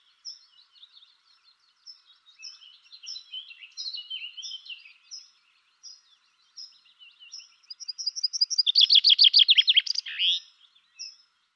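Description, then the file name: Common chaffinch song, a fast run of notes ending in a loud flourish, preceded by soft repeated high chips and twittering. "Fringilla coelebs"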